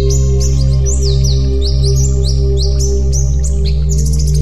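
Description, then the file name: White-eye song: bright, high, swooping whistled notes in quick succession, ending in a fast buzzy trill, with a steady low hum behind. White-eye 'terapi' (therapy) song. "terapi pleci"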